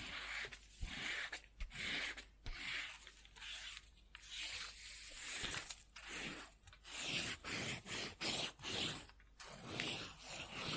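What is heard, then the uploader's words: Pen scribbling on paper in quick, scratchy bursts that rise and fall steadily, with brief sharp taps and short pauses throughout. Scribbling On Paper.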